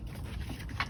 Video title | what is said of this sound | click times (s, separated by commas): Installing a cylinder head - Ford Duratec 2.0/2.3 | fuel supply hose so we're going to click it right in here | 0.8 s